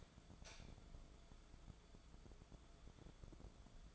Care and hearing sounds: daily activity, microphone in the room; light on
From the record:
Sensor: 5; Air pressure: 1010.4 hPa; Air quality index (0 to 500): 119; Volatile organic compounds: 2 ppm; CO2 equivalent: 1166 ppm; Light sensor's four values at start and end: 488/1250/517/582 and 486/1247/515/580

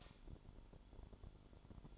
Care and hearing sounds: daily activity, microphone in the room; light off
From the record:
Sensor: 5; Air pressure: 1008.0 hPa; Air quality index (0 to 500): 104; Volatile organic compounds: 1 ppm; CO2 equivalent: 812 ppm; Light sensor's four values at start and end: 35/82/34/34 and 35/82/34/34

